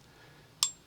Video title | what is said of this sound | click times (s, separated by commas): Basic 1911 Operation | there's your click and this re-engagement ready to pull the trigger again so do not drop them on an empty slide | 0.6 s